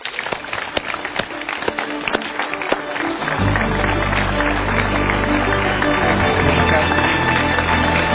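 Enthusiastic audience applause welcoming Mario Teguh on the show Mario Teguh Golden Ways, a dense continuous patter of many hands clapping, swelling louder and fuller partway through as a steady low rumble joins underneath.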